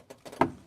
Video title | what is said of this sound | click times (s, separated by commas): POA Live: 2012 Silverado 6.0 thermostat and radiator replacement. | should snap in. | 0.4 s